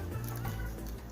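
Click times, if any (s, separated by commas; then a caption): none. Plastic parts of a Mainframe transforming robot figure are pressed together to finish its change into robot mode, over a steady low hum. Small handling taps come at about 0.3 s and 0.9 s, but nothing clicks or seats; the parts do not snap together.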